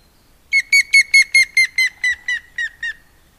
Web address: agykontroll Madardalok Cd 1. Hamvas küllő